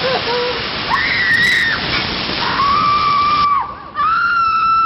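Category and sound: sound effect, woman screaming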